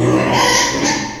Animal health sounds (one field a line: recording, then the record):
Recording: squeal of a Yucatan mini pig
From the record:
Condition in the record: before surgery on the right vocal fold (resection and tissue-engineered implant)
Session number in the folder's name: 2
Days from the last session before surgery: 0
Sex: male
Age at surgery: 12 weeks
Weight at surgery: 13 kg